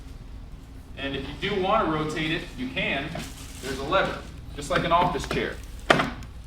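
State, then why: Seated. Someone talks while working the swivel lever on the seat post of a Buzzaround LX GB119 mobility scooter, a lever like on an office chair, to turn the seat. At 5.9 s the lever drops back with a sharp, loud knock, locking the seat into one of its eight positions, followed by a fainter tap at about 6.2 s.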